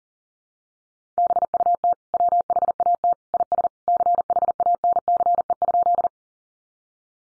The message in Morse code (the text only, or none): BUT WHAT IS CHANCE?